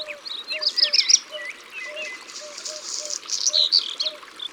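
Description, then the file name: Black redstart: a tumbling high warble with sliding notes, a pause, then a dry crackling section and bright closing notes; a low repeated note keeps time behind. "Rougequeue noir"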